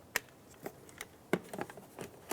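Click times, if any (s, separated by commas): none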